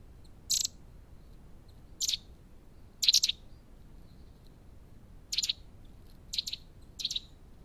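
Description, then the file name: Eurasian nuthatch giving short, sharp, high notes, single or in quick pairs, at irregular intervals over a faint steady hiss. "canto verso picchio muratore sitta europaea wood Nuthatch kleiber"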